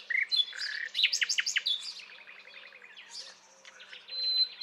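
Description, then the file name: Common nightingale phrase opening with loud sweeping whistles and quick repeated notes, then softer chattering and a louder thin sustained whistle. "Luscinia megarhynchos"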